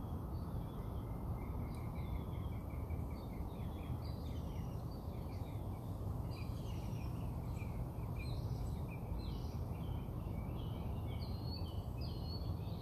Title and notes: Bird Songs Part Two. More bird songs outside my house